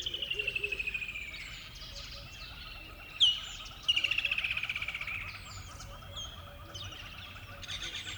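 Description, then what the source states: Birds singing: a rapid trill fades out, then a sharp high note, then another quick, descending trill of repeated notes, with scattered chirps. Recorded at dawn by a river bed.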